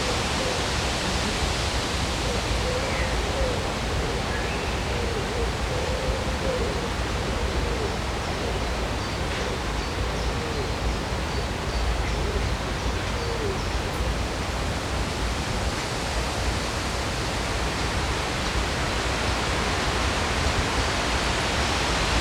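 Along the river in Odense, a steady, dense rush of water fills all 22 seconds, with faint murmurs or voices drifting in early on.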